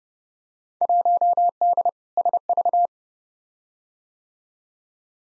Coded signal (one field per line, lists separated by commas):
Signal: Morse code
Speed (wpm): 30 wpm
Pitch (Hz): 700 Hz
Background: none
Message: 1D SV